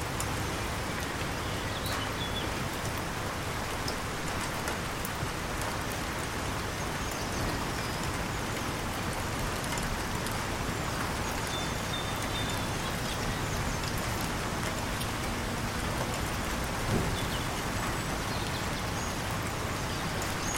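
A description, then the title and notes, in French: Soft rain falls steadily on a calm canal, a dense, even hiss of drops with faint brief taps and a low rumble underneath. Pluie douce | Gouttes de pluie sur la rivière. Un coin paisible de la campagne, où de douces gouttes de pluie embrassent la surface d'un canal serein.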